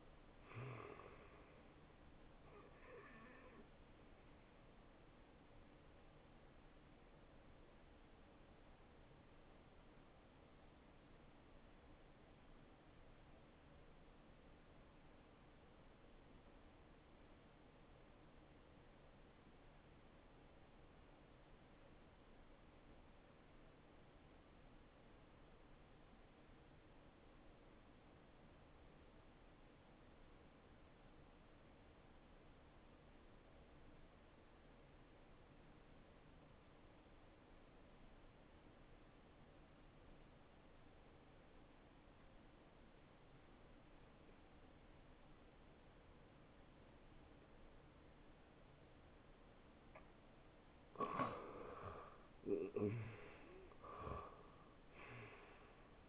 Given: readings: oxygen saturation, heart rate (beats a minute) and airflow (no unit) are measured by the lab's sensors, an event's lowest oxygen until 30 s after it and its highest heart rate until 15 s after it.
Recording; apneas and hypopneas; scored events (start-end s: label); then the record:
breathing in sleep by a voice recorder at the bedside; 1
7.00-52.00 s: hypopnea (N2, oxygen 93% highest, then 80% lowest, heart rate 74 at the start, 79 highest)
From the record:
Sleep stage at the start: N2 (light sleep); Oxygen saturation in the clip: 84 to 93%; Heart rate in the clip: 56 to 76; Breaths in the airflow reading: 8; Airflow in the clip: -11.4 to 5.9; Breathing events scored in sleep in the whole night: 263 in 5.5 hours asleep